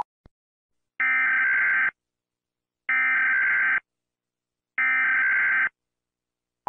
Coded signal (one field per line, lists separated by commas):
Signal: Emergency Alert System (SAME) tones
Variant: header bursts